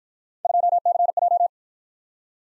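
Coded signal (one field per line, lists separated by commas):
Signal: Morse code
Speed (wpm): 51 wpm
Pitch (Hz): 700 Hz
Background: none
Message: 2CJ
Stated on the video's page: Computer-generated Morse practice of three-character letter-number combinations, starting at 45 wpm and slowing to a base speed, with a final repeat at maximum speed.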